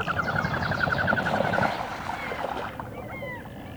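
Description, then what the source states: Common goldeneye: a rapid run of short, evenly repeated notes lasting under two seconds, followed by a few fainter calls. Field recording from Finland, issued on a 1988 cassette of countryside birds.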